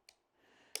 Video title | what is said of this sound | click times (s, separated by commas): Installing Enclosure | snap into place, holding | 0.8 s